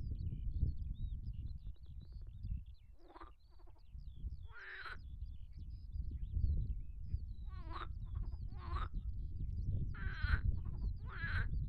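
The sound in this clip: Marsh frog giving short rattling, pulsed croaks at irregular intervals, over a constant low-pitched rumble.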